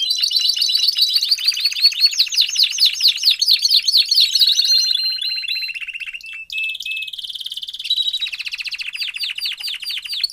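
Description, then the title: Domestic canary song with buzzy rolls and fast swooping down-slurred notes, then steadier trills that shift in pitch, continuous throughout. Male Belgian canary singing a lot; meant to warm up and train young canaries. "Canary Training Esquente Seu Filhote E Canario Belga Em 30 Minutos Macho Cantando Muito"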